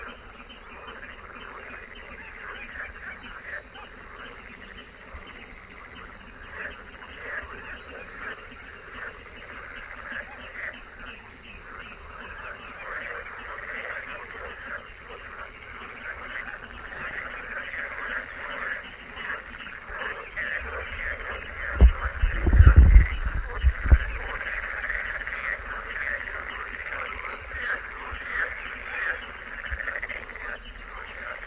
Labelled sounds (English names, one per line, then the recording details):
Little Crake call
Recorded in the wild
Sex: female
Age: adult
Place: Kützerhof, Kummerower See, Mecklenburg-Vorpommern, DE
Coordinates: 53.85, 12.85
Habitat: wetland
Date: 2009-06-18 23:57
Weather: leicht bewölkt, windstill, ca. 15 °C
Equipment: Sound Devices 702, Sennheiser MKH 70, Popschutz
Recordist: Frommolt, Karl-Heinz
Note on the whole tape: Polder Kleine Rosin: Rufe von zwei weiblichen Kleinen Sumpfhühnern. Sehr leise. Entfernung ca. 100 m